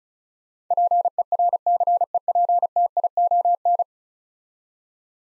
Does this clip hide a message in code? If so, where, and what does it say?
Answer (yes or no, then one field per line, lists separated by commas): yes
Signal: Morse code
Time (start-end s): 0.7-3.8 s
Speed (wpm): 36 wpm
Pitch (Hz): 700 Hz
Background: none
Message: PERCEPTION